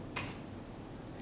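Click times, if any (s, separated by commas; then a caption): none. A third-party USB-C cable plug is pushed into the USB-C output port of a Charmast 65W PD laptop power bank, giving a brief soft tap around 0.2 s and a faint high tick near 1.2 s over low background hum. The plug has not clicked or seated yet.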